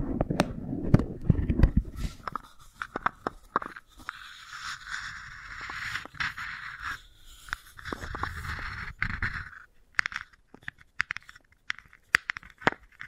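Wooden balls are handled and rolled together, starting with a dense low rumble of scraping in the first two seconds. A steadier rolling grind with a bright rasp runs from about four to ten seconds, then gives way to sparse, sharp clicks and knocks.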